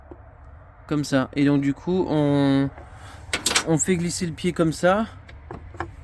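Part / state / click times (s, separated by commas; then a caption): table leg into its floor mount in a camper van / seated / 5.8 s. Someone talks while pressing on the removable table of a 1996 Volkswagen T4 California Coach 2.5 TDI 102 hp camper van and sliding its leg into the floor mount. A short, sharp snap at 5.8 s marks the table leg clipping into its mount, seated.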